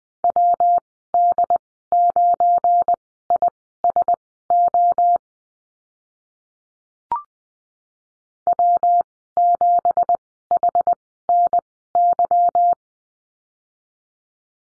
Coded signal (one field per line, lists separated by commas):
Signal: Morse code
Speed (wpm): 20 wpm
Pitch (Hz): 700 Hz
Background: none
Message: WD9ISO W7HNY